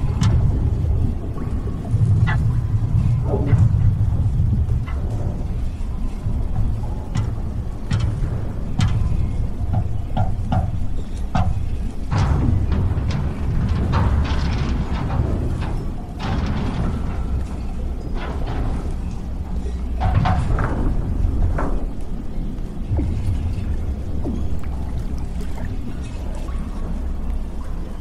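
Sci-fi ambience of a damaged underwater lab: a heavy, steady low rumble fills the whole stretch. Over it come scattered metallic creaks, knocks and short watery bursts every few seconds, with a denser cluster of clanks around the middle and again near twenty seconds.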